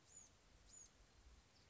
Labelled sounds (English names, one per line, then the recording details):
Bewick's Wren
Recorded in Sonoma County, California